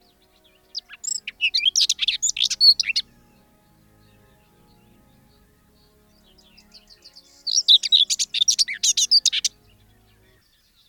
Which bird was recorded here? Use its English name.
Common Whitethroat